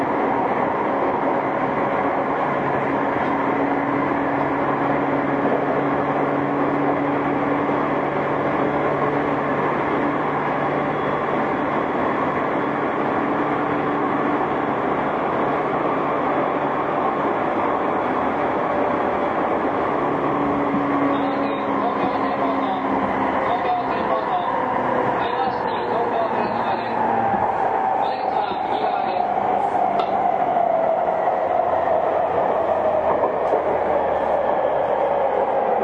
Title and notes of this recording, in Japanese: 東京臨海高速鉄道70-000形 新宿〜新木場。JR埼京線→りんかい線の区間で録音